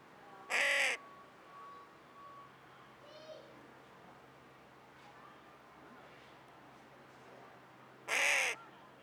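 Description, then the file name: Carrion crow giving two harsh caws, well apart, with faint other sounds in between. "Corvus corone"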